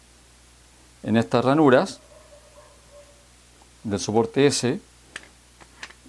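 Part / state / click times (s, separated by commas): softbox speedring into S-bracket slots / seated / 5.2 s, 5.8 s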